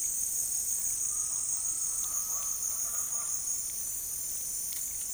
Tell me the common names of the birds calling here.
Undulated Tinamou, Speckled Chachalaca